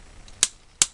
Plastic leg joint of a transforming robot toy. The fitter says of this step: you can hear that one click. The other one doesn't click as much, or at all in fact, but it's just due